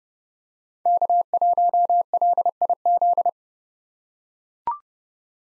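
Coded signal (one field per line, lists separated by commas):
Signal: Morse code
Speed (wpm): 31 wpm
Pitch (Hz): 700 Hz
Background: none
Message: K1LIZ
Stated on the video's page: Morse practice at 30 wpm of common SOTA chaser call signs, each sent twice.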